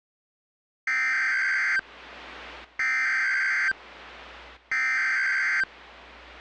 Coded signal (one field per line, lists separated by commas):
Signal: Emergency Alert System (SAME) tones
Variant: header bursts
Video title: All It Takes is One [EAS MOCK]